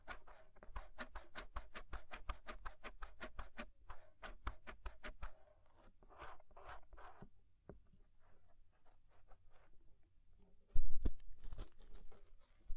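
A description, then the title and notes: Ear scraping, heard as rapid, regular scratchy strokes packed closely together for the first six seconds, then slower, scattered scrapes and soft rubbing. A low rumble runs underneath, and near eleven seconds a few louder, sharper scrapes stand out before it settles again. Inner and Outer Ear Scraping (No Talking).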